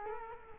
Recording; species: mosquito wingbeat signal from an infrared sensor; Culex quinquefasciatus